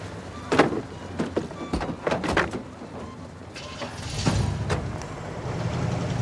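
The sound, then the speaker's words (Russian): As a man takes a backpack and goes to the car, a car door unlatches and opens with a few sharp clicks and knocks, then shuts with a solid thump, followed by a low steady rumble like an engine idling. No one speaks. “Босс забирает рюкзак, идет к машине.”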